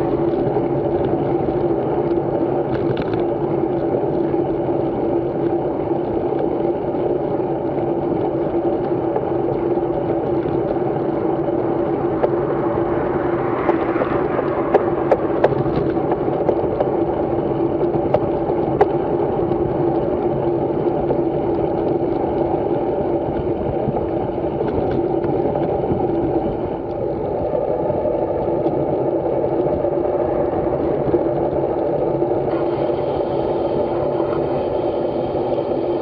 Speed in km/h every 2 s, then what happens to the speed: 24, 25, 25, 23, 29, 26, 27, 31, 28, 31, 28, 32, 28, 33, 26, 25, 21, 16.
0-23 steady at about 27. 23-36 slows to 16.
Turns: none.